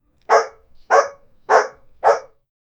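Dog barking: four sharp, evenly spaced barks, each a short punchy burst, with nothing else audible.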